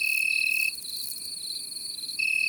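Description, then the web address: Cricket trill, a steady shrill tone that stops for about a second and a half and then resumes, with other insects buzzing behind. In the garden. "Les grillons. un jour au jardin"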